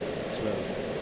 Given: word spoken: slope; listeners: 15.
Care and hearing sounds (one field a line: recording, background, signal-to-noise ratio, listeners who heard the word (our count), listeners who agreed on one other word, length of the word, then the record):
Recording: one English word in noise, from a listening test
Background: speech-shaped noise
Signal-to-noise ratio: -4.6 dB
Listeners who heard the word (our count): 0 of 15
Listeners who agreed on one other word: 11 of 15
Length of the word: 0.62 s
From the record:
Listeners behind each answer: 11, 1, 1, 1, 1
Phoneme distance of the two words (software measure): 7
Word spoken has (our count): 1 syllable, 4 phonemes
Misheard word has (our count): 1 syllable, 3 phonemes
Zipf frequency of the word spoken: 3.88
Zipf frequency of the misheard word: 4.81